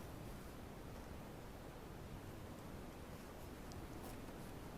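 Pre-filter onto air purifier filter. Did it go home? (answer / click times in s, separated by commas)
no / none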